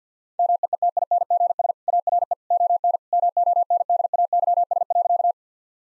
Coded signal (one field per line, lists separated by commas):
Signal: Morse code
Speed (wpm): 50 wpm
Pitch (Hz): 700 Hz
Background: none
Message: MEETINGS ARE ON MONDAYS.